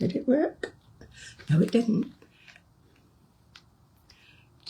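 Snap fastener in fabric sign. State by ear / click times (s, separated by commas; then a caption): seated / 3.6 s. Someone talks over quiet background after a first attempt to press a snap fastener through the fabric of a Christmas hanging sign fails. On the second try, a sharp click at 3.6 s marks the snap fastener seating closed, the sign that it has worked.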